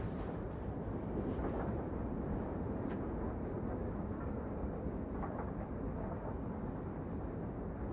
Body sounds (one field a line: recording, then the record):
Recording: background sound without coughing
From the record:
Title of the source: Train Ride Ambience ambient white noise for sleeping, focus, studying, reading